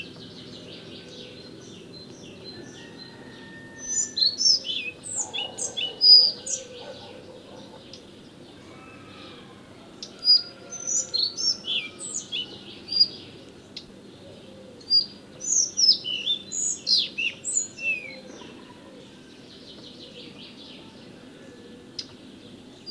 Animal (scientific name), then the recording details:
Ficedula albicollis. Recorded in the wild. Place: Sibiu, Transilvania, RO. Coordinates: 45.803, 24.145. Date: 1976-05-20 06:25. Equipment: Nagra III BH, Sennheiser MD 21, parabola. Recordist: Schubert, Michael